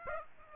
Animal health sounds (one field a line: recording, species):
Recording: mosquito wingbeat signal from an infrared sensor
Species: Aedes aegypti